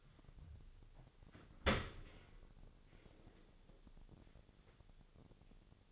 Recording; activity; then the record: daily activity, microphone in the room; open dishwasher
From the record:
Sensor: 4